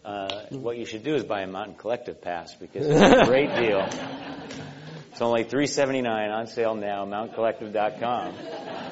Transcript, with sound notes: what you should do is buy a Mountain Collective Pass because it's a great deal [laughter]. It's only $3.79, on sale now at themountaincollective.com